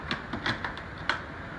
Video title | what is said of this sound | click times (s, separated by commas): Relocation of Power Mounting Bracket | hear it click again | 1.1 s